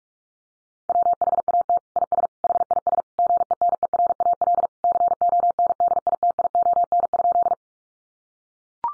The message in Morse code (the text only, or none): WHAT IS HIS GENERAL CONDITION?